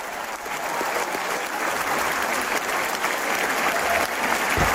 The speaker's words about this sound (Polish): I oczywiście owacje na stojąco. Fantastyczna przygoda, przepiękne wykonanie.